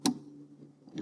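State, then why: Seated. An electrical connector is pushed onto the window regulator motor of a BMW in the car door and clicks in at 0.1 s with a sharp, bright snap, confirming it is seated. A low steady hum follows, then a softer tap near 1.0 s.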